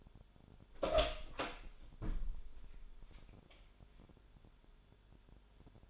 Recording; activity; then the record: daily activity, microphone in the room; open door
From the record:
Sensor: 5